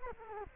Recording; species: mosquito wingbeat signal from an infrared sensor; Culex quinquefasciatus